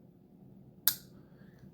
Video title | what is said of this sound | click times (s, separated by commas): Liong Mah Feild Duty Unboxing and First Impressions | that that nice click uh yeah let's see if i can do it with the thumb | 0.9 s